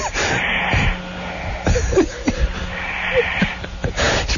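Light, soft snoring breaths from a sleeping adolescent come in regular noisy cycles over a phone line, thin and childlike like a little kid's rather than a coarse, manly snore, with the pace picking up a little.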